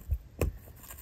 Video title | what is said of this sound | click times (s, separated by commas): Mounting GE Pixel Poles | it will tend to lock into place | 0.4 s